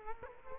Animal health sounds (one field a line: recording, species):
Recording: mosquito wingbeat signal from an infrared sensor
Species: Culex quinquefasciatus